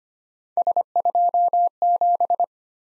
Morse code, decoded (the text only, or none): S27